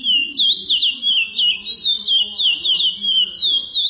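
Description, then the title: Chestnut-bellied seed finch song: fast, twisting whistled notes strung together without pause, evenly pulsing. "Canto De Curio"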